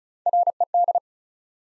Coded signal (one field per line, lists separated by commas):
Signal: Morse code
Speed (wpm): 36 wpm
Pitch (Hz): 700 Hz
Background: none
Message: RED